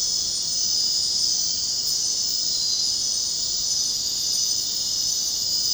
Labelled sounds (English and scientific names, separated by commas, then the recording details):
none
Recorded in dense forest near Puerto Asís, Putumayo, Colombia, on 22 June 2025 at 22:00
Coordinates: 0.499, -76.324
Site G100